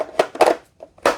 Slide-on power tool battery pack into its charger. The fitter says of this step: till it kind of clicks into place and then the lights start working